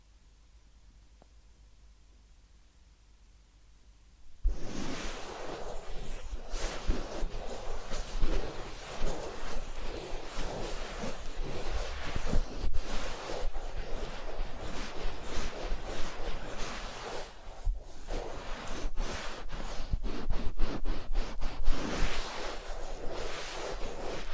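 Ear cleaning and massage sounds: after about four seconds of near silence, a dense, continuous scratching and rustling begins and carries through to the end. The texture shifts constantly, with brief brighter swipes around twelve, seventeen and twenty-one seconds.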